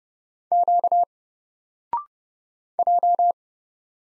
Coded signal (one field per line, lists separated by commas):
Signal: Morse code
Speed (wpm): 30 wpm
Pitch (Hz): 700 Hz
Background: none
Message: Q J